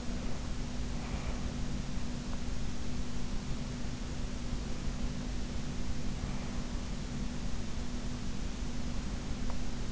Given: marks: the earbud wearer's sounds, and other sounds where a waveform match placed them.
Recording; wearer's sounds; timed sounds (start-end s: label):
sounds in sleep by an in-ear microphone; breath
0.00-2.20 s: breath